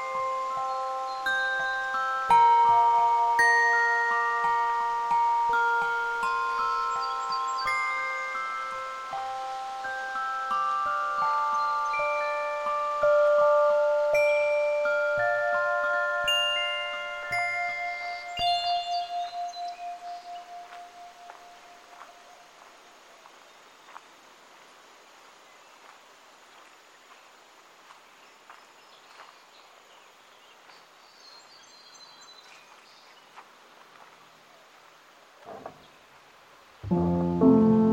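On the Anza Trail by the Santa Cruz River, dense chiming tones ring for twenty seconds, fade into quiet hiss, then a brief rustle ends.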